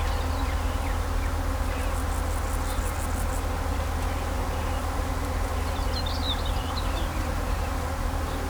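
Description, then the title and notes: Bees humming continuously, with a fast pulsing high trill early on and a burst of high bird twittering midway, over road noise. Bees in vineyards at Kallstadt, Germany, in rural countryside, with birds singing and road traffic sounds. "In den Reben, Kallstadt, Deutschland - In Kallstadt summen die Bienen. Natur, Weinreben, Bienen summen, Vögel singen, Fahrgeräusche von Straße, Land"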